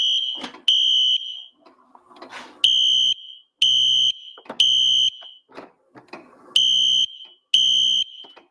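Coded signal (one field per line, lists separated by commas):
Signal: alarm pattern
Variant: Temporal-3 fire alarm horn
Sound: harsh buzzing horn: three half-second blasts, a pause, then repeating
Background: clicks and room noise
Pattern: temporal three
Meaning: Fire alarm: evacuate the building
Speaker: It is a Mercom Life Safety MS-501U. I'm thinking we'll go ahead and pull this and re-alarm the system. Here we go.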